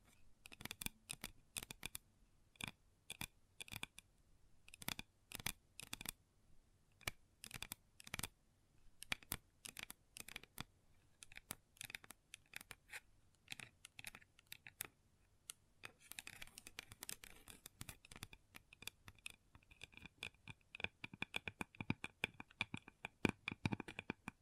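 Long fingernails tap and scratch on a table in quick, irregular clusters of sharp clicks, with brief pauses between bursts. Around the middle the tapping grows denser and turns into rapid, rattling runs with a scraping, brushing texture, continuing busily to the end.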